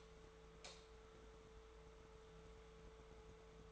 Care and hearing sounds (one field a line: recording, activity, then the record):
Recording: daily activity, microphone in the room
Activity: light on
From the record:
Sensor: 3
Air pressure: 1014.7 hPa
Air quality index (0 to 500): 192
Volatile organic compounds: 24 ppm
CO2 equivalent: 2812 ppm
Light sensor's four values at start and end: 40/101/43/47 and 43/110/47/50